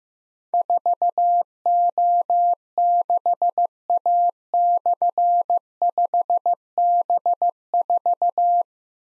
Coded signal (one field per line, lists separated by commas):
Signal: Morse code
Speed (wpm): 15 wpm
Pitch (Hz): 700 Hz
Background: none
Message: 4O6A/5B4